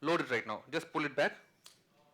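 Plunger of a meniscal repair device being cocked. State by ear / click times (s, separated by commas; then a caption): seated / 1.7 s. A man talks while the plunger of a meniscal repair device is pulled back to load it. After the speech, a short click sounds at 1.7 s as the plunger cocks and the device is loaded.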